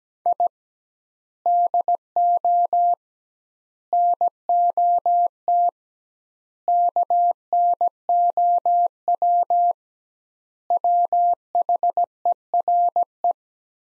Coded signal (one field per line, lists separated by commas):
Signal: Morse code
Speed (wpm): 17 wpm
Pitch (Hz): 700 Hz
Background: none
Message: I DO NOT KNOW WHERE